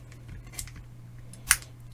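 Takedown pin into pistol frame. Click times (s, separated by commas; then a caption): 1.5 s. A takedown pin is pushed back into the frame of a small .22 pocket pistol, a Ruger LCP II 22LR Lite Rack, during reassembly. Faint handling ticks come first, then a brighter snap at about 0.6 s. A sharp, loud click at 1.5 s marks the pin seating in place.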